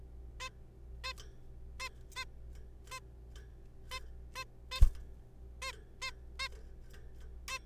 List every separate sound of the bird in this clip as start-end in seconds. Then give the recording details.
0.40-0.49, 1.04-1.13, 1.80-1.89, 2.16-2.25, 2.91-3.00, 3.91-4.00, 4.36-4.45, 4.71-4.80, 5.62-5.72, 6.02-6.11, 6.40-6.49, 7.48-7.58. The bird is a juvenile. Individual R3428